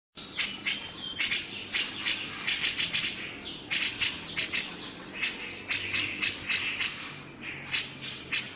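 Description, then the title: Grey-cheeked bulbul uttering a busy sequence of many short, harsh chips with slightly uneven spacing. "Cucak Jenggot"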